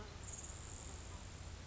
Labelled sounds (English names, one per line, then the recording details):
Grasshopper Sparrow
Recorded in Sonoma County, California